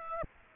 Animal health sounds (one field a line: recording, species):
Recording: mosquito wingbeat signal from an infrared sensor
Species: Aedes aegypti